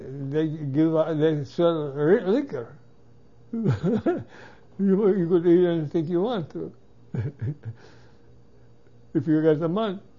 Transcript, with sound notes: they give, they sell liquor. (he laughs) You could drink anything you want to if you got the money.